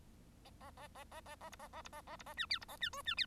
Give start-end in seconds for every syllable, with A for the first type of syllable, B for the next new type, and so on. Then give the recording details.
0.44-0.50 A, 0.60-0.71 A, 0.77-0.88 A, 0.94-1.04 A, 1.11-1.21 A, 1.25-1.35 A, 1.40-1.50 A, 1.52-1.56 B, 1.59-1.68 A, 1.73-1.82 A, 1.84-1.89 B, 1.92-2.02 A, 2.07-2.16 A, 2.19-2.23 B, 2.26-2.34 A, 2.37-2.46 C, 2.50-2.59 D, 2.61-2.65 B, 2.68-2.77 A, 2.81-2.90 C, 2.93-3.02 E, 3.05-3.15 C, 3.17-3.26 D. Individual Bird1